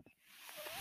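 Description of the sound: A soft, airy hiss builds steadily over less than a second, with a faint whistling tone sliding through it near the end. This is the sound of a man's personal mechanical ventilator pushing air during a breath.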